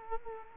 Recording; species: mosquito wingbeat signal from an infrared sensor; Culex quinquefasciatus